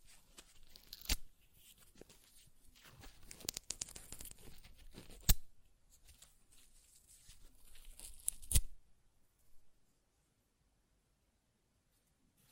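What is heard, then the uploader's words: Paper is ripped and torn, with bursts of crinkly tearing and several sharp, loud snaps near 1, 5 and 8.5 seconds. The tearing comes bright in uneven spurts, then stops just before ten seconds, leaving near silence. ASMR Paper Ripping Tearing Sounds (No Talking).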